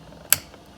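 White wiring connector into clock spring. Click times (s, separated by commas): 0.3 s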